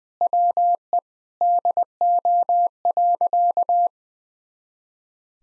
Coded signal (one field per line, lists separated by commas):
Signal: Morse code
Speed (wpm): 20 wpm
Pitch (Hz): 700 Hz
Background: none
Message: WE DO.